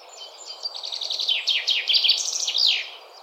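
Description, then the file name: Common Chaffinch song, a full phrase of quick descending notes accelerating into a rattling trill and ending in a flourish, with soft background hiss. "Fringilla coelebs"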